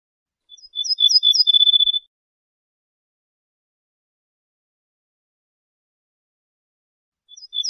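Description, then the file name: Ortolan bunting singing a rapid phrase of repeated high notes over a steady trill, then a long pause before the next phrase starts. "suara kicauan ortolan"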